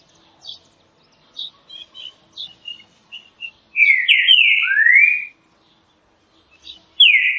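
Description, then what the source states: Green-winged saltator singing: several soft, high chip notes lead into a loud, rich phrase of descending whistles. Another phrase begins near the end. Classic song, used for training.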